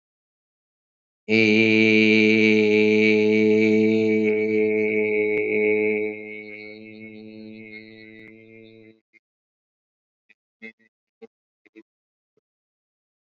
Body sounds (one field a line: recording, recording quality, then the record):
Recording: sustained vowel as in made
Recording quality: excellent, no background noise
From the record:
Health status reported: COVID-19 positive, no symptoms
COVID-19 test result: positive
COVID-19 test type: RT-PCR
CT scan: not taken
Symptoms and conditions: none ticked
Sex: male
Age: 24 years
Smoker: no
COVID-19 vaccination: both doses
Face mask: not worn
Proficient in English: yes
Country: India